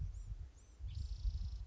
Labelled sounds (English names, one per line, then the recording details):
Spotted Towhee
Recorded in Sonoma County, California